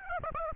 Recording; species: mosquito wingbeat signal from an infrared sensor; Aedes aegypti